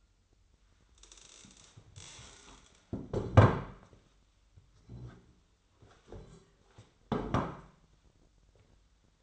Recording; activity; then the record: daily activity, microphone in the room; stand up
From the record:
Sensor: 3